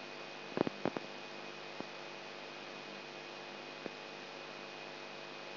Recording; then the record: brain microelectrode recording played as sound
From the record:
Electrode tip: inside the subthalamic nucleus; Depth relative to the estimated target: -1 mm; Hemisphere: right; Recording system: AlphaMap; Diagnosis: Parkinson's disease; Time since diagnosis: 8 years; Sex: male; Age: 59 years